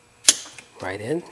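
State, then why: Seated. While reinstalling parts after replacing a fan clutch, a plastic retaining clip is pushed into its mounting on the fan shroud or engine-bay mount and snaps into place with a sharp, loud snap at 0.3 s, followed by a faint tick at 0.6 s. Someone then talks. The clip is seated.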